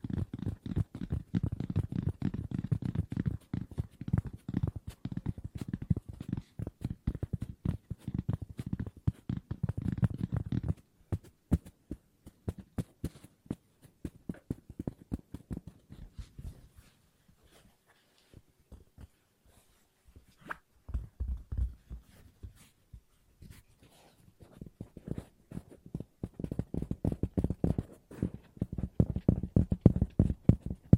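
Fast, dense ASMR tapping with a low, thumping body, thinning to sparse clicks around the middle before building again near the end.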